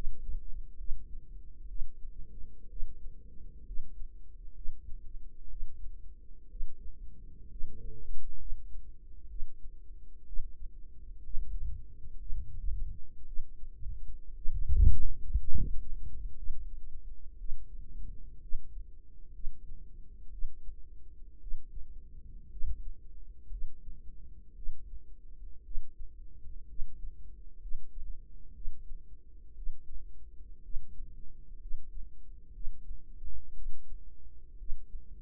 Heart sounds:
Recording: heart sounds by microphone in the right ear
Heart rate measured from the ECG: 60 bpm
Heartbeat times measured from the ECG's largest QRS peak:
0.76 s: heartbeat
1.66 s: heartbeat
2.67 s: heartbeat
3.63 s: heartbeat
4.53 s: heartbeat
5.47 s: heartbeat
6.47 s: heartbeat
7.48 s: heartbeat
8.37 s: heartbeat
9.27 s: heartbeat
10.24 s: heartbeat
11.21 s: heartbeat
12.17 s: heartbeat
13.24 s: heartbeat
14.33 s: heartbeat
15.36 s: heartbeat
16.34 s: heartbeat
17.36 s: heartbeat
18.39 s: heartbeat
19.31 s: heartbeat
20.29 s: heartbeat
21.38 s: heartbeat
22.48 s: heartbeat
23.48 s: heartbeat
24.53 s: heartbeat
25.62 s: heartbeat
26.66 s: heartbeat
27.59 s: heartbeat
28.52 s: heartbeat
29.54 s: heartbeat
30.61 s: heartbeat
31.58 s: heartbeat
32.51 s: heartbeat
33.53 s: heartbeat
34.56 s: heartbeat
From the record:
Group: healthy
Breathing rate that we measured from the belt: 15 breaths a minute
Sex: female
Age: 36 years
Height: 163 cm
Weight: 88 kg

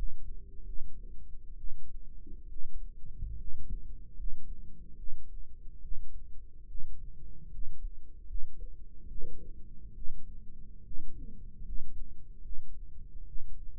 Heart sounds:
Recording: heart sounds by microphone in the right ear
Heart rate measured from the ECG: 71 bpm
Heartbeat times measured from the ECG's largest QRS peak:
0.64 s: heartbeat
1.56 s: heartbeat
2.48 s: heartbeat
3.36 s: heartbeat
4.15 s: heartbeat
4.95 s: heartbeat
5.80 s: heartbeat
6.66 s: heartbeat
7.49 s: heartbeat
8.26 s: heartbeat
9.07 s: heartbeat
9.93 s: heartbeat
10.82 s: heartbeat
11.63 s: heartbeat
12.41 s: heartbeat
13.24 s: heartbeat
From the record:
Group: healthy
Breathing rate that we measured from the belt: 16 breaths a minute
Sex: female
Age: 22 years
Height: 160 cm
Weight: 63 kg

